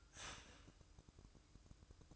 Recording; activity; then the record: daily activity, microphone in the room; start toaster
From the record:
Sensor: 2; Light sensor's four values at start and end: 6/14/6/6 and 6/14/6/6